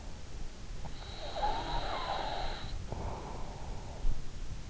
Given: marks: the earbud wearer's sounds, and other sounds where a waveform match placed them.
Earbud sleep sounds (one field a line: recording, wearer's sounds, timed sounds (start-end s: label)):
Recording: sounds in sleep by an in-ear microphone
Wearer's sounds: breath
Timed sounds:
0.93-4.01 s: breath